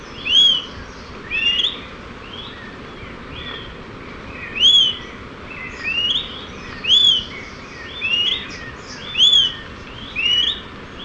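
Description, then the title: Smoke-colored pewee calling with several high whistled notes, each arching up and down, with a longer pause near the start, over a continuous low rushing sound. Subspecies ardosiacus. "LuckyPassaro Completos2Sama. Smoke-colored Pewee (Contopus fumigatus ardosiacus)"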